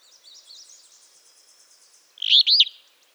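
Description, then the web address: Northern Beardless-Tyrannulet song: faint high twittering notes at first, then a loud burst of a stutter and two sharp arched whistles near the end. "cantos mosquetaboreal"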